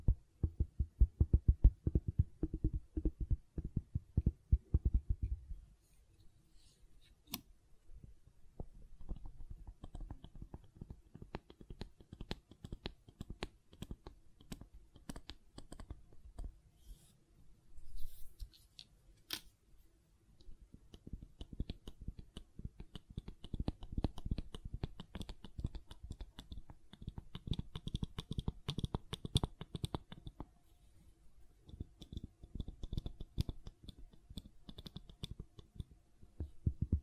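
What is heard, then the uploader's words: Gentle silicone sounds made of soft, dense clicks and squishes, mostly low and muffled, with occasional brighter ticks. The handling is heavier in the first five seconds, lighter and sparser after, then thickens again around 20 to 30 seconds before easing near the end. ASMR Gentle Silicon Sounds for Sleep (No Talking).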